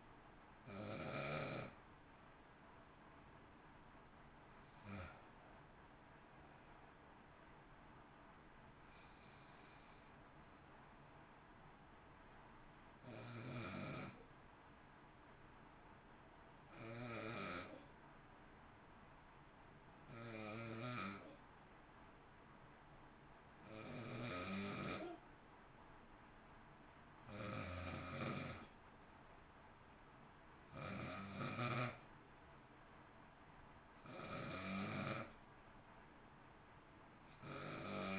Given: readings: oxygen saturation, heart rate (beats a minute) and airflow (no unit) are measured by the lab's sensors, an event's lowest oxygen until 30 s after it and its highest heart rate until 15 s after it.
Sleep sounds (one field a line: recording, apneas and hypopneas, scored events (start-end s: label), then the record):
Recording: breathing in sleep by a voice recorder at the bedside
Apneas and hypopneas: 1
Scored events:
14.00-33.80 s: hypopnea (N2, oxygen 94% highest, then 91% lowest, heart rate 55 at the start, 59 highest)
From the record:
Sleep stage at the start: N2 (light sleep)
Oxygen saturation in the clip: 87 to 94%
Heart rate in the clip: 53 to 60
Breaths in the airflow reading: 11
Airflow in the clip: -0.5 to 0.7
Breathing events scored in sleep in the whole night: 328 in 6.3 hours asleep